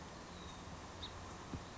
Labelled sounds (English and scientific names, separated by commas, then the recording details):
House Finch (Haemorhous mexicanus)
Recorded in Sonoma County, California